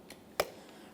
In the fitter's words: Press it in. Listen for an audible click.